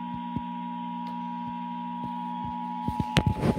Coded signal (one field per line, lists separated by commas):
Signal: Emergency Alert System (SAME) tones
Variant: 853 and 960 Hz attention tone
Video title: Required mouthy test eas #1